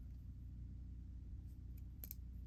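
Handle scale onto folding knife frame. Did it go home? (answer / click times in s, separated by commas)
no / none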